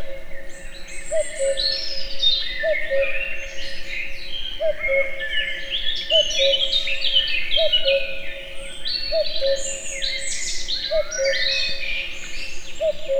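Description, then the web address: Common cuckoo calling a steady series of eight falling cu-coo phrases beneath a lively chorus of high, twittering songbirds. Recorded in nature in a forest full of birdsong at Egerturistaház, Hungary. "allathangok termeszetben kakukk sokhanguerdo egerturistahaz"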